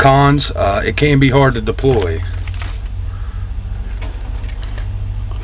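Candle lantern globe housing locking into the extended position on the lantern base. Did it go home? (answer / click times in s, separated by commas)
partly / 4.6 s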